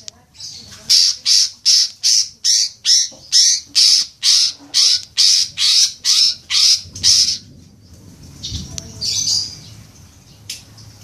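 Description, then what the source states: Leafbird repeating a loud chipping note about fifteen times in a steady, even rhythm, then falling quiet with faint sounds behind. Indonesian name cucak ijo; bird described as gacor, singing actively and vigorously.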